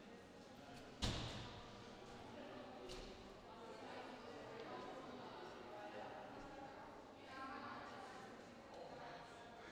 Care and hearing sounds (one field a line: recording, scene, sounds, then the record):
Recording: everyday scene through a hearing-aid microphone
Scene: reverberant space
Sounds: background noise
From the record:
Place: railway station hall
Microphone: in the ear canal, left